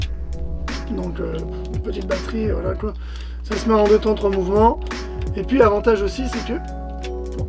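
A small battery is being put into a Sony RX0 II compact action camera, with its sealed battery cover handled over background music while someone talks. There are brief handling taps near 0.3 s, 0.7 s and 7.0 s. The cover has not clicked shut yet; it must click fully closed, because a yellow marker shows when it is unlocked and the camera is then not waterproof.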